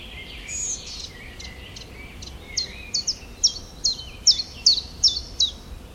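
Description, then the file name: Common chiffchaff song: a few faint notes at first, then a clear run of high, abrupt downslurred notes repeated about two and a half times per second. "zilpzalp"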